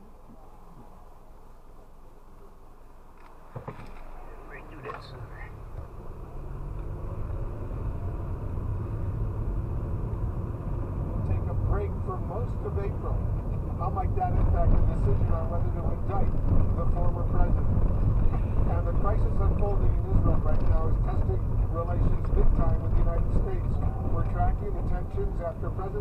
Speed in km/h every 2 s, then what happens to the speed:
0, 0, 0, 11, 16, 27, 29, 29, 27, 27, 27, 27, 26.
0-4 standing. 4-11 pulls away to 29. 11-26 steady at about 27.